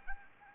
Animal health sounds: mosquito wingbeat signal from an infrared sensor; Anopheles arabiensis

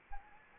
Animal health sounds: mosquito wingbeat signal from an infrared sensor; Anopheles arabiensis

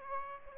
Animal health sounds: mosquito wingbeat signal from an infrared sensor; Aedes aegypti

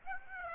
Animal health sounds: mosquito wingbeat signal from an infrared sensor; Aedes aegypti

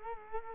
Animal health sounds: mosquito wingbeat signal from an infrared sensor; Culex quinquefasciatus

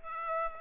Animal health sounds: mosquito wingbeat signal from an infrared sensor; Aedes aegypti

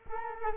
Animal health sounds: mosquito wingbeat signal from an infrared sensor; Culex quinquefasciatus

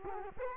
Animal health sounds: mosquito wingbeat signal from an infrared sensor; Culex quinquefasciatus

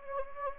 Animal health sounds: mosquito wingbeat signal from an infrared sensor; Anopheles gambiae

